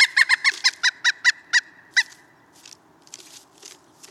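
Pileated woodpecker with a rapid run of about ten ringing wuk calls that slows and stops, followed by a few faint sounds.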